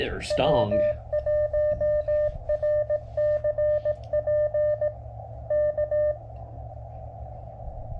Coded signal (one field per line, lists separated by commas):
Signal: Morse code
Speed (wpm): 17 wpm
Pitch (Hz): 600 Hz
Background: speech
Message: W1RCP K